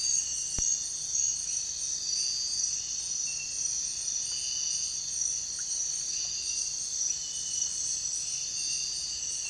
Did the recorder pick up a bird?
no